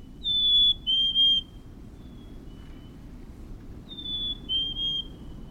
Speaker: Even in the ruthless grip of winter, when the snow crunches beneath your boots, an ember glows in the lilt of a black-capped chickadee.